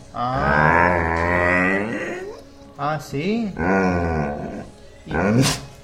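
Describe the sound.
A voice imitates a dog, letting out a long, drawn-out growling moan followed by a few short, bouncing grunts, with a brief spoken word near the end.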